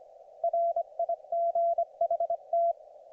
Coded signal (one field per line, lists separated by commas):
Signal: Morse code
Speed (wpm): 25 wpm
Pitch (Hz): 690 Hz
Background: none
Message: RIGHT